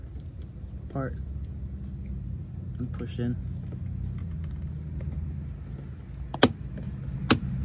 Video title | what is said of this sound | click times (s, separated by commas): Atlas VW logo front door LED puddle light install | you hear both snaps and that's it | 6.4 s, 7.3 s